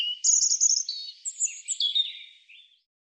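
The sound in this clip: European robin delivering a rich, high warble of quick slurred notes and piping whistles, trailing off after nearly three seconds.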